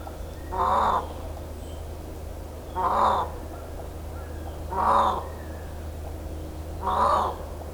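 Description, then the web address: Indian peafowl giving loud, nasal, wailing calls, four evenly spaced cries roughly every two seconds, over a steady low hum. Miyakojima, 13 April 2017. "shiryo koe indokujaku 170413 miyakojima"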